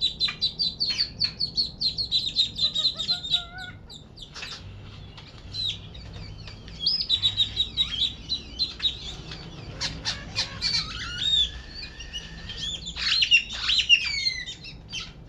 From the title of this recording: Noisy Backyard